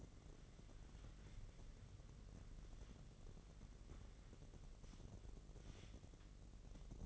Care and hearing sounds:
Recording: daily activity, microphone in the room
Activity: wipe stove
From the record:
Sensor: 4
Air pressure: 1013.2 hPa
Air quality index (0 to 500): 177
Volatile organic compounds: 2 ppm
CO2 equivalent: 1114 ppm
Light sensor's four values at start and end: 93/235/97/103 and 95/239/99/105

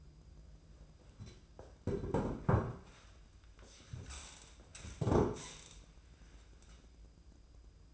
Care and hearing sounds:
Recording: daily activity, microphone in the room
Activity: sit down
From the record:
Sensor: 2

